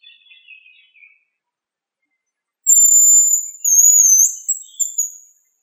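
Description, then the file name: Hazel grouse whistled song: after faint, lower twittering at the start and a pause, a long, piercing thin whistle and a few brief, trailing notes. "rjabchik"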